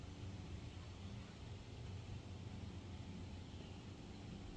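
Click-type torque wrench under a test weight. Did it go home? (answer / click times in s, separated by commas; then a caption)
no / none. A click-type torque wrench set to 30 is loaded with a test weight to check whether it clicks. Only a steady, low rumbling background noise is heard, with no sharp sounds. Nothing has clicked, so the wrench does not click at the 30 setting.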